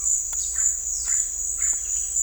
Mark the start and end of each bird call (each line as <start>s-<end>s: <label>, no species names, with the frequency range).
0.40s-1.84s: bird call (1.0-4.8 kHz)